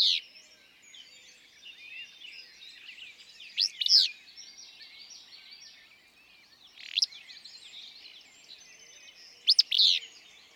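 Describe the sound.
Willow flycatcher song: short sneezy two-part phrases, a sharp upslurred note then a buzzy burst, repeated about every three seconds over a steady chatter of other birds.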